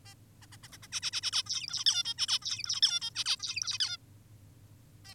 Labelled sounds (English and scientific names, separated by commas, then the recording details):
Zebra Finch (Taeniopygia guttata)
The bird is an adult
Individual g19o10U